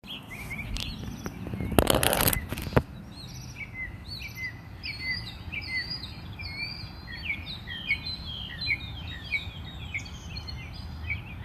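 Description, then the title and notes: Birds singing, many short chirps and quick rising notes overlapping in a busy chorus, with a brief loud rustling burst near the start and steady low background rumble. Recorded outside a house. "More bird songs outside my house"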